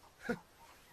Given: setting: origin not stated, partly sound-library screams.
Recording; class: one-second piece from a danger detection set; normal situation